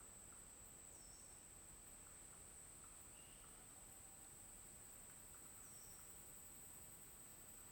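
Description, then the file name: Steady shrill cricket trilling runs the whole time, with a couple of quick sliding chirps and faint bird whistles against a quiet rumbling background. Forest ambience at midday with crickets and discreet birds. "Ambiente na mata no meio do dia com grilos e passaros discretos sapo"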